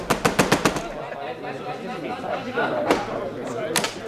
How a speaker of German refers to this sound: Wütend pochte ich an die Tür.